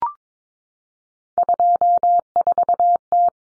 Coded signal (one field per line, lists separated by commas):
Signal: Morse code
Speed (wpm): 22 wpm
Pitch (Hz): 700 Hz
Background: none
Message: 24T